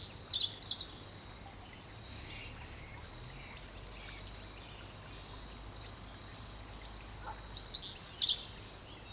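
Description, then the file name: Eurasian wren calling in short, high, scratchy bursts near the start and again after about seven seconds, over a steady high-pitched whine and faint hiss. "Troglodytes troglodytes"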